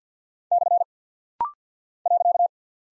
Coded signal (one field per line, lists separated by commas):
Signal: Morse code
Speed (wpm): 50 wpm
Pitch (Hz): 700 Hz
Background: none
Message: / .